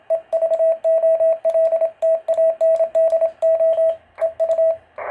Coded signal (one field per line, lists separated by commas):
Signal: Morse code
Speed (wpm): 26 wpm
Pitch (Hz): 650 Hz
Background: radio noise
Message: E VOLTANDO EU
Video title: QSO PY1LHL / PY2DNR CW IT'S A LIFESTYLE